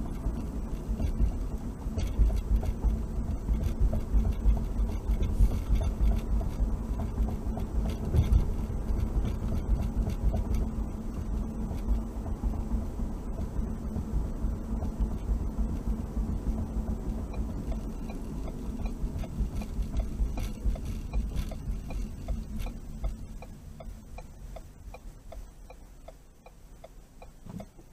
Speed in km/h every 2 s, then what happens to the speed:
50, 50, 48, 56, 60, 60, 60, 60, 58, 44, 29, 15, 6, 3.
4-7 speeds up to 60. 7-16 steady at about 60. 16-24 brakes to 6.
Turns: none.